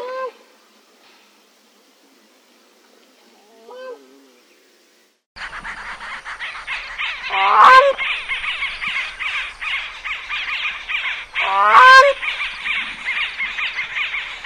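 Bird calls, a few soft harmonic notes at first, then a dense chorus of overlapping calls with two loud rising, sweeping cries.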